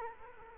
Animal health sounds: mosquito wingbeat signal from an infrared sensor; Culex quinquefasciatus

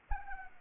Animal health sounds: mosquito wingbeat signal from an infrared sensor; Anopheles arabiensis

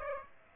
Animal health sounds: mosquito wingbeat signal from an infrared sensor; Aedes aegypti

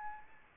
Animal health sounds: mosquito wingbeat signal from an infrared sensor; Aedes albopictus

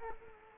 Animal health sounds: mosquito wingbeat signal from an infrared sensor; Culex quinquefasciatus

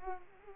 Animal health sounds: mosquito wingbeat signal from an infrared sensor; Culex pipiens

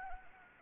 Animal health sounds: mosquito wingbeat signal from an infrared sensor; Anopheles arabiensis

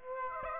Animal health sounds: mosquito wingbeat signal from an infrared sensor; Aedes aegypti

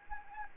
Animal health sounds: mosquito wingbeat signal from an infrared sensor; Anopheles arabiensis

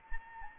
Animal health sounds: mosquito wingbeat signal from an infrared sensor; Anopheles gambiae

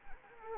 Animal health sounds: mosquito wingbeat signal from an infrared sensor; Anopheles arabiensis

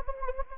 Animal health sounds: mosquito wingbeat signal from an infrared sensor; Anopheles gambiae

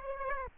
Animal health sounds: mosquito wingbeat signal from an infrared sensor; Aedes aegypti

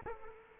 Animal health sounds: mosquito wingbeat signal from an infrared sensor; Aedes aegypti

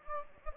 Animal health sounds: mosquito wingbeat signal from an infrared sensor; Anopheles gambiae

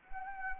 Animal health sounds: mosquito wingbeat signal from an infrared sensor; Anopheles arabiensis

